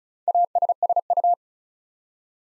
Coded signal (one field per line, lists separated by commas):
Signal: Morse code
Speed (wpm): 36 wpm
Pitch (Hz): 700 Hz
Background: none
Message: ASSU